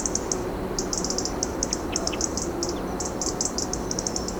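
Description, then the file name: European robin calls: clusters of very high, rapid ticking notes repeated throughout, over a steady hiss of background noise. "Erithacus rubecula"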